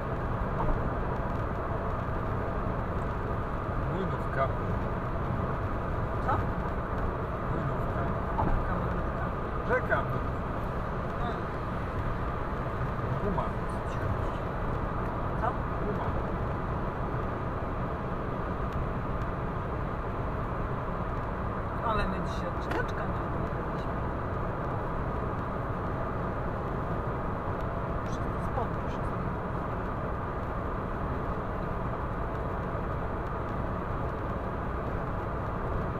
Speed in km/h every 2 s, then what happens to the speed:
117, 117, 117, 118, 118, 118, 118, 117, 117, 117, 117, 117, 117, 117, 117, 117, 117, 117.
0-36 steady at about 117.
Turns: none.